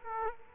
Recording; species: mosquito wingbeat signal from an infrared sensor; Culex quinquefasciatus